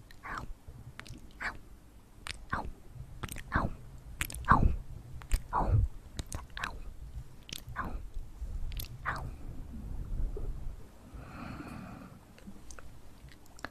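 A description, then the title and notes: Ear massage sounds: a steady run of short, bright rubbing and squishy strokes, about one every half second, over a soft low rumble. Around eleven to twelve seconds the strokes give way to a brief smoother, humming swish before resuming. TimASMR - The Most Stimulating Ear Massage Trigger.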